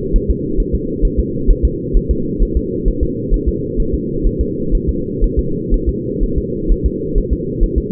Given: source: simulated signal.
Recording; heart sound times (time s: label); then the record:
fetal heart sounds
0.16 s: S1
0.30 s: S2
0.60 s: S1
0.75 s: S2
1.05 s: S1
1.19 s: S2
1.50 s: S1
1.65 s: S2
1.97 s: S1
2.11 s: S2
2.43 s: S1
2.57 s: S2
2.88 s: S1
3.03 s: S2
3.34 s: S1
3.48 s: S2
3.80 s: S1
3.94 s: S2
4.27 s: S1
4.41 s: S2
4.75 s: S1
4.89 s: S2
5.24 s: S1
5.39 s: S2
5.74 s: S1
5.89 s: S2
6.23 s: S1
6.38 s: S2
6.72 s: S1
6.86 s: S2
7.18 s: S1
7.33 s: S2
7.63 s: S1
7.78 s: S2
From the record:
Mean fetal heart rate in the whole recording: 130 bpm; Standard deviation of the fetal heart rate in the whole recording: 4 bpm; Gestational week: 38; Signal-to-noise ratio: -6.6 dB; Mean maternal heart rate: 72 bpm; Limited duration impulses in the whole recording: present